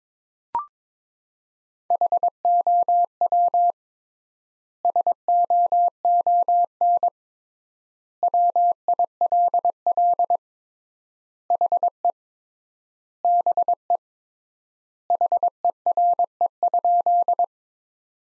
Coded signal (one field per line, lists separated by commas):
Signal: Morse code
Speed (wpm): 22 wpm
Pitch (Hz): 700 Hz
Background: none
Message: HOW SOON WILL HE BE HERE?